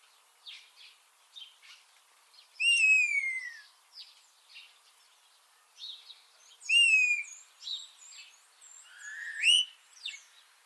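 Common starling whistles: two loud, clear notes sliding downward and a later rising one, with soft clicks and chatter between.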